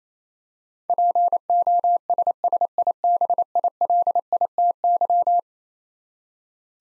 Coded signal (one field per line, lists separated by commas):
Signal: Morse code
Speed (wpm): 27 wpm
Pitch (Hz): 700 Hz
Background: none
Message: POSSIBILITY